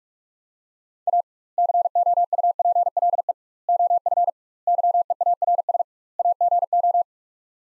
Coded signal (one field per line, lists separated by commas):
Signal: Morse code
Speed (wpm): 46 wpm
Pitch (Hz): 700 Hz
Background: none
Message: A COUPLE OF YEARS AGO